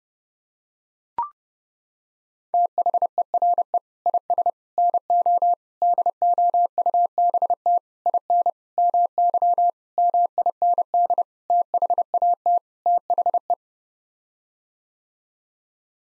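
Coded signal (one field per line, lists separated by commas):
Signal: Morse code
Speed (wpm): 30 wpm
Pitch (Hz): 700 Hz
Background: none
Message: THERE IS NO DOUBT IN MY MIND THAT THE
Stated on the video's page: Head-copy drill of common nine-word groups at 30 wpm, each set sent in Morse, then spoken, then sent again.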